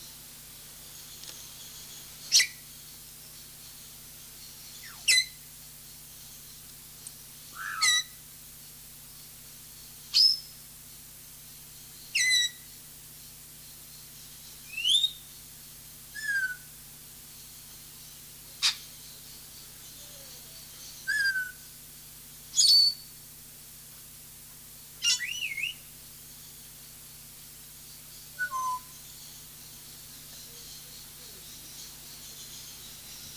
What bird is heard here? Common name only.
Grey Parrot